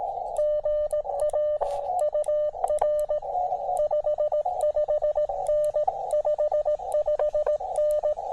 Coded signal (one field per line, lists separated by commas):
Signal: Morse code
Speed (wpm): 17 wpm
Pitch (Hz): 600 Hz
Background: radio noise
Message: GA UR 55N 55N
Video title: HIDE: POTA/SOTA at Sugar Hill State Forest